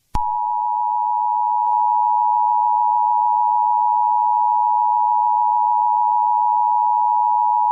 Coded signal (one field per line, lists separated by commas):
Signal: Emergency Alert System (SAME) tones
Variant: 853 and 960 Hz attention tone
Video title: Eas scenario toppat invation